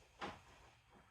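A hard drive is slid along the rails into a desktop PC case's drive bay, kept clear of pinching any cables. A single sharp knock at 0.2 s marks it seating firmly in the bay, followed by quiet low rumble.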